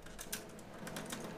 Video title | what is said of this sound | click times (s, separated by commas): HP MediaSmart Server EX470 Memory Upgrade - Video Four of Four | Okay, and I'm snapped. Perfect. | 0.3 s